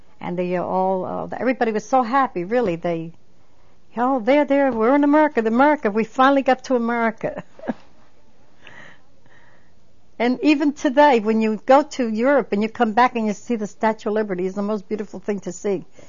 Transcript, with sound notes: And they all, everybody was so happy, really, they "There, there, we're in America, America. We finally go to America." (She laughs) And even today when you go to Europe and you come back and you see the Statue of Liberty it's the most beautiful thing to see.